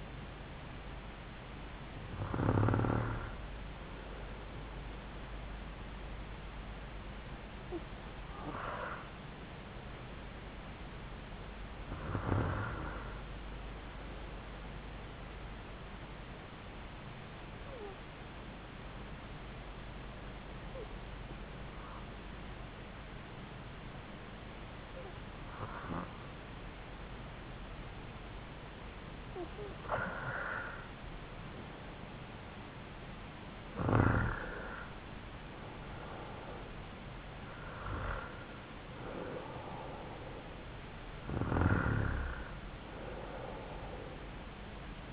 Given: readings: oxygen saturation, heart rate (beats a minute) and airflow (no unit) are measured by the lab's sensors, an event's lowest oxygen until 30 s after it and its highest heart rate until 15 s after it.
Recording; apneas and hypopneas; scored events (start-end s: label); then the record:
breathing in sleep by a voice recorder at the bedside; 1
16.00-34.00 s: hypopnea (REM, oxygen 95% highest, then 91% lowest)
From the record:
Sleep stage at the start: REM sleep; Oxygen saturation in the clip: 92 to 95%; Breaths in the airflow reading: 9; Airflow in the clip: -6.8 to 4.9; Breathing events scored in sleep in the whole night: 270 in 6.1 hours asleep